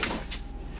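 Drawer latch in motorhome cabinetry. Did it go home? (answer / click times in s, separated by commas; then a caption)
no / none. A drawer in a motorhome's built-in cabinetry is handled: a short sharp knock at 0.0 s is followed by a brief burst around 0.3 s, then a low steady rumble. Nothing has seated or clicked yet; the drawer latch has not locked.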